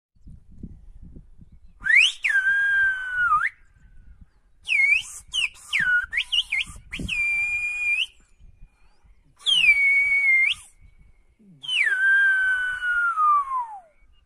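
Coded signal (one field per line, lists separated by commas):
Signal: whistled language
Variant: Silbo Gomero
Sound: five phrases of a loud, shrill whistle, gliding and swooping in pitch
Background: low outdoor rumble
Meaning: Whistles the song title "Head-On-The-Stick Soaked in Screen - Yes, You!"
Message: Head-On-The-Stick Soaked in Screen - Yes, You!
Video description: These videos are from the Canary Islands with the well-known whistling proponent Rogelio Botanz uttering the song-titles from the album "Voider Perspectives".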